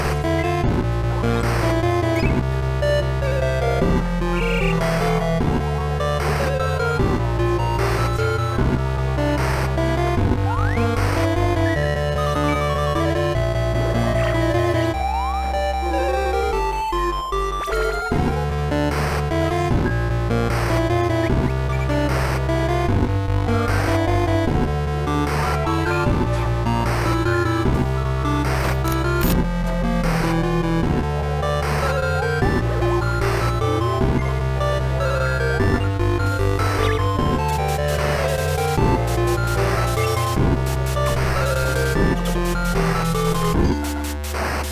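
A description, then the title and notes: 8-bit music plays steadily at an even loudness, with a pulsing bass line stepping between low notes and bright, buzzy melody tones stacked above. Short percussive clicks and hiss bursts mark a regular fast beat, with a brief break near sixteen seconds. Game sound effects. 8-bit music.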